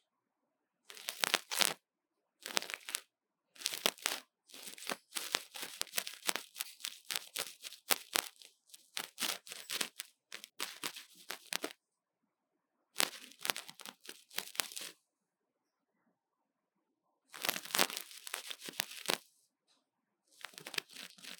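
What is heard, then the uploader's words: Crinkly scratching and rustling from ear cleaning, packed into dense bursts of quick, bright scraping strokes. Short silent pauses separate the bursts, the longest near the middle and around 15 to 17 seconds. ASMR 刺痛注意!!幫手機掏掏耳朵 | Lo-fi | Ear Cleaning | NO Talking.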